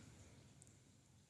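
A plastic electrical connector is pushed back onto the MAP sensor on the intake of a 2012–2015 Honda Civic 1.8L after the rubber intake boot is refitted. A sharp click at 0.6 s, followed by a softer one just after, rises over low engine-bay rumble. The connector seats.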